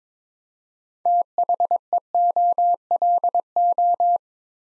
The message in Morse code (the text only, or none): THEOLO